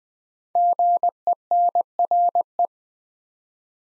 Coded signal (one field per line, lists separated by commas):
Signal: Morse code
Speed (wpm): 21 wpm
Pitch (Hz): 700 Hz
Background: none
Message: GENRE